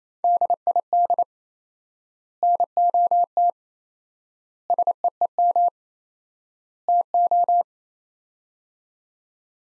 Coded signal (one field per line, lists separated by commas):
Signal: Morse code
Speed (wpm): 27 wpm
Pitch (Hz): 700 Hz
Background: none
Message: DID NOT SEEM TO